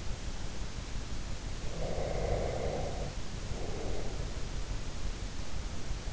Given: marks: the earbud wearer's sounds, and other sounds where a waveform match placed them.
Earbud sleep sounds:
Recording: sounds in sleep by an in-ear microphone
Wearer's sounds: breath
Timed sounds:
1.66-4.31 s: breath

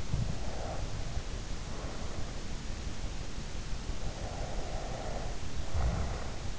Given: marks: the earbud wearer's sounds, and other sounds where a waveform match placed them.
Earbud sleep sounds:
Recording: sounds in sleep by an in-ear microphone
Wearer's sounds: breath, snoring breath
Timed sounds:
0.06-2.45 s: breath
3.96-6.53 s: snoring breath

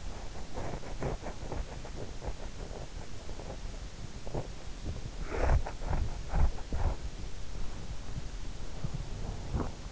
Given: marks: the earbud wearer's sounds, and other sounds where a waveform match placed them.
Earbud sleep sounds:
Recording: sounds in sleep by an in-ear microphone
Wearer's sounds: body movement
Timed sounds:
0.00-7.11 s: body movement

